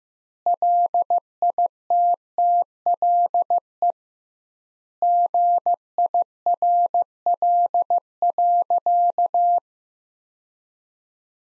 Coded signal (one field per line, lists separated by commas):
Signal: Morse code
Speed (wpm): 16 wpm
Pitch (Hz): 700 Hz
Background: none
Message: LITTLE GIRL.